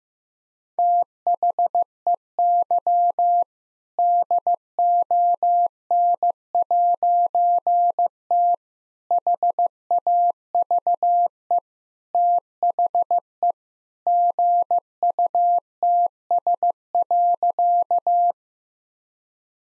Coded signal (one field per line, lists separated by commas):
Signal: Morse code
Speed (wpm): 15 wpm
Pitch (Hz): 700 Hz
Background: none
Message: THEY DON'T HAVE THE GUTS.